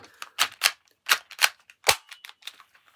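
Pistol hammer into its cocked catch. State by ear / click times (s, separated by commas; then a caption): not seated / none. The exposed hammer of an airsoft Sig Sauer P223 pistol is cocked back over and over, giving a series of sharp mechanical taps and clicks around 0.2, 0.4, 0.7, 1.1, 1.4 and 1.9 seconds. The hammer moves but never catches in its cocked position, so nothing has locked into place, a possible first break.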